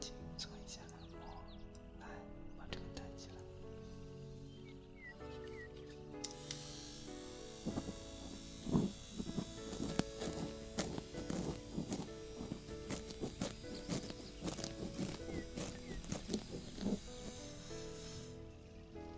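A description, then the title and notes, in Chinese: A music box plays steady, sustained tones throughout. For the first six seconds it sounds fairly clean, then dense, bright rustling and scratching, like pages turning and pen on paper, joins in with frequent sharp taps until it thins out near the end. 温柔低语。翻书。音乐盒。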